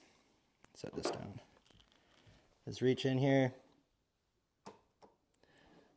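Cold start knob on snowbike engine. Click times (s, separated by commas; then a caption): 5.4 s. Someone talks while reaching under a snowbike to push the yellow cold start knob on its engine in, with the throttle pulled back slightly. A few light taps come before a short, sharp click at 5.4 seconds as the knob latches in.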